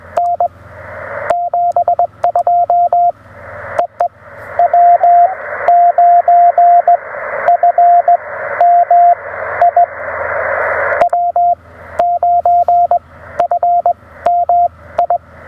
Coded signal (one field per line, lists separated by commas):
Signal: Morse code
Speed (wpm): 20 wpm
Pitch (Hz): 700 Hz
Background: radio noise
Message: N 72 EE W9FMI W9FMI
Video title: First Activation with the Radioddity HF-009 Portable Vertical Antenna: How Well Does It Work?